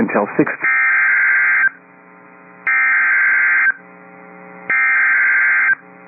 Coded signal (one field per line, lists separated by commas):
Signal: Emergency Alert System (SAME) tones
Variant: header bursts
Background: speech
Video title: WXJ76 SVR | EAS #252